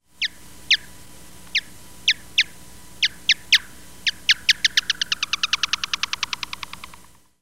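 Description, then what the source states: Big brown bat echolocation calls slowed down: spaced, steeply falling chirps that speed up steadily into a rapid, evenly ticking buzz before stopping. Echolocation calls slowed down 10 times, otherwise beyond the range of human hearing; sex of the bat unknown.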